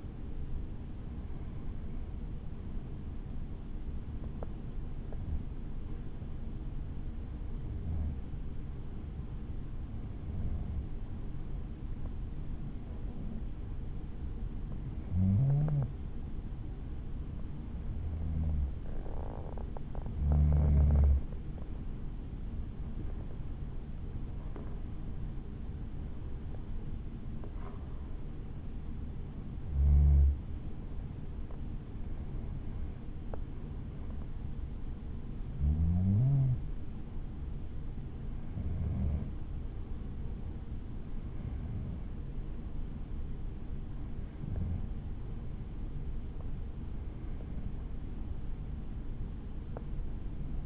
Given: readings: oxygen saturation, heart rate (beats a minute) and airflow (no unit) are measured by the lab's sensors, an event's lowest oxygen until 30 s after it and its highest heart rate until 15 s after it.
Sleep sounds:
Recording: breathing in sleep by a smartphone at the bedside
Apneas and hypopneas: none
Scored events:
26.00-50.66 s: new sleep stage, N2 (light sleep)
From the record:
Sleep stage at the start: N1 (lightest sleep)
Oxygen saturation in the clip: 93 to 94%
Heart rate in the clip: 61 to 73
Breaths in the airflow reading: 18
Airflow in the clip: -6.6 to 7.6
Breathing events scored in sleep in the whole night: 216 in 7.0 hours asleep

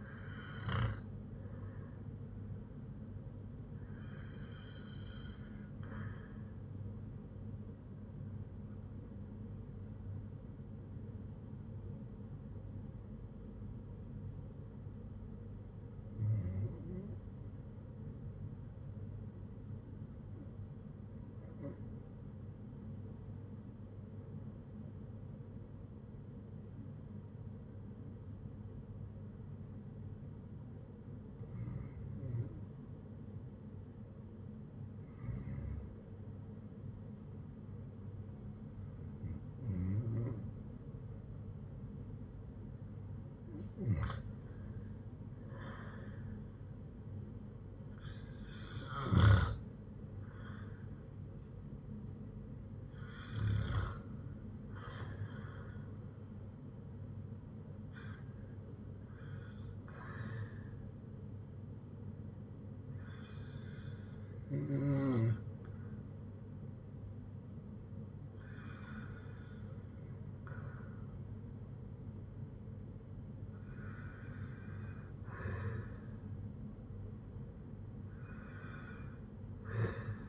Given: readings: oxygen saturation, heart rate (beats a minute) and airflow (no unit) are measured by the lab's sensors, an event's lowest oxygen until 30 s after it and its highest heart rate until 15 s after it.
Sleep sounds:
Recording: breathing in sleep by a smartphone at the bedside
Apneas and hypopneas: 1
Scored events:
7.00-39.30 s: hypopnea (REM, oxygen 96% highest, then 87% lowest, heart rate 71 at the start, 77 highest)
From the record:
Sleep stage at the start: REM sleep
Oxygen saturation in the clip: 85 to 96%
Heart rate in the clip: 58 to 77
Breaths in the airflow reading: 16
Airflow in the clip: -9.9 to 7.4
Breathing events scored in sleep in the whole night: 182 in 7.4 hours asleep

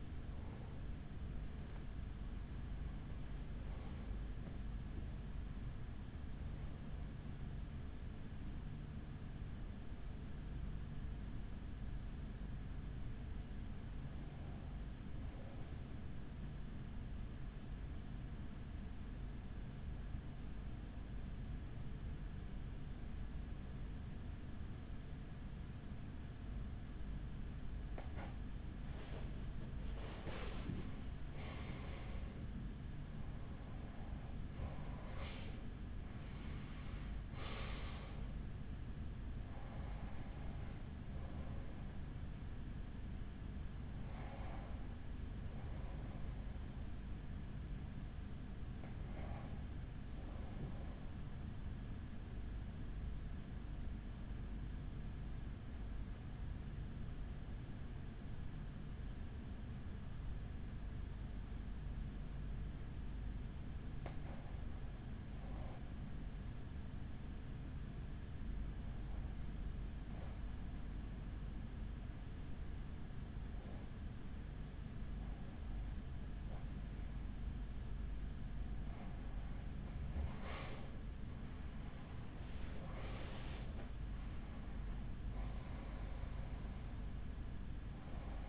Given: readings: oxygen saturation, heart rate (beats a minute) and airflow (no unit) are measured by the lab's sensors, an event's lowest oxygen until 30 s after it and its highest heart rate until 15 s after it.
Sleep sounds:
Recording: breathing in sleep by a smartphone at the bedside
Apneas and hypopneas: 2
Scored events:
0.00-14.00 s: awake
12.00-31.30 s: hypopnea (scored as awake, oxygen 95% highest, then 92% lowest, heart rate 54 at the start, 55 highest)
14.00-88.49 s: new sleep stage, N1 (lightest sleep)
55.00-83.30 s: hypopnea (N1, oxygen 94% highest, then 92% lowest, heart rate 46 at the start, 64 highest)
From the record:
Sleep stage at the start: awake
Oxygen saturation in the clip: 92 to 95%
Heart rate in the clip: 45 to 62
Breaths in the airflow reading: 21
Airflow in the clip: -8.5 to 8.9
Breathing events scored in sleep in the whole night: 207 in 7.6 hours asleep

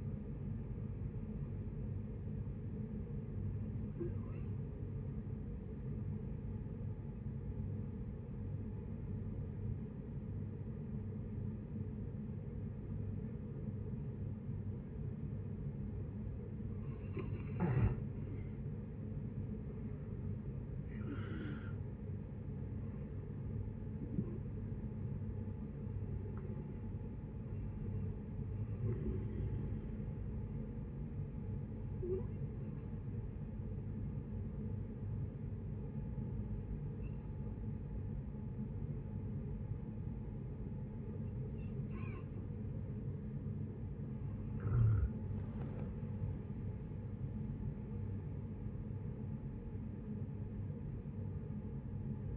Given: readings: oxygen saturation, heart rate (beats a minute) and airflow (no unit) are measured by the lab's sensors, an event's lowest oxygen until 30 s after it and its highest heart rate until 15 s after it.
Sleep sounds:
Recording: breathing in sleep by a smartphone at the bedside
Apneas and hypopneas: 2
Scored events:
3.00-19.90 s: hypopnea (N1, oxygen 95% highest, then 89% lowest, heart rate 74 at the start, 74 highest)
30.00-44.30 s: hypopnea (N1, oxygen 95% highest, then 91% lowest, heart rate 71 at the start, 77 highest)
From the record:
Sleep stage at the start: N1 (lightest sleep)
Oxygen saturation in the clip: 89 to 95%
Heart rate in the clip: 61 to 77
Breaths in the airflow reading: 9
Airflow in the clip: -10.4 to 14.5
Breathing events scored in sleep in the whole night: 496 in 5.4 hours asleep

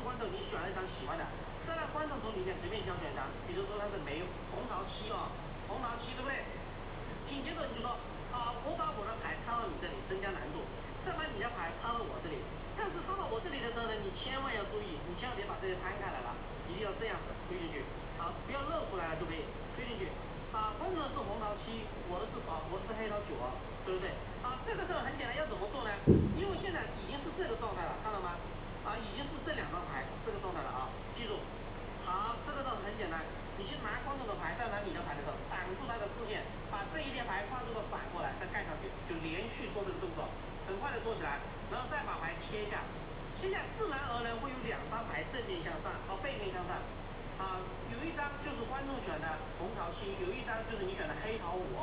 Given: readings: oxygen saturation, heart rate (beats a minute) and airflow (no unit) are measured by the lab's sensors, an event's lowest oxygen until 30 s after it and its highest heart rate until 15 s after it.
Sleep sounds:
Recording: a person awake in a sleep study, by a voice recorder at the bedside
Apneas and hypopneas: none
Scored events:
0.00-51.83 s: awake
From the record:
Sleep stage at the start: awake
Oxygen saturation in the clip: 92 to 93%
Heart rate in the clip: 64 to 71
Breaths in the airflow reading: 17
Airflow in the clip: -4.6 to 4.8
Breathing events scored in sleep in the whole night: 476 in 9.7 hours asleep

